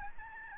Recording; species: mosquito wingbeat signal from an infrared sensor; Aedes albopictus